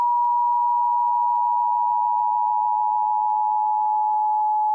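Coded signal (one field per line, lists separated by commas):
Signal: Emergency Alert System (SAME) tones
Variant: 853 and 960 Hz attention tone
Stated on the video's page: Fictional EAS scenario using valid EAS tones.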